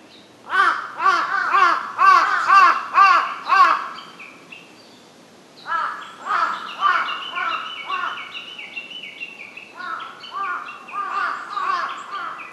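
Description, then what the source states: Large-billed crow calling in a rapid run of loud harsh caws, then after a pause a looser series of caws and other calls. Recorded 23 May 2007.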